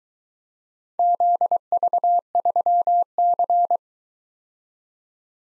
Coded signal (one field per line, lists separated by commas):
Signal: Morse code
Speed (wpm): 22 wpm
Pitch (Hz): 700 Hz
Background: none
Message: ZV3C